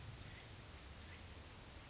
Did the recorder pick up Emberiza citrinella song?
no